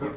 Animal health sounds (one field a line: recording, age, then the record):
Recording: pig call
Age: growing-finishing pig (85 days or more)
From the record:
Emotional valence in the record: positive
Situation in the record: run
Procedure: transit